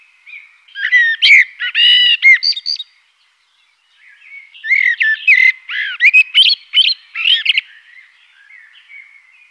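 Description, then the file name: Eurasian blackbird song in two bursts of mellow whistles mixed with squeaky twittered notes, separated by a brief silent pause. "Amsel"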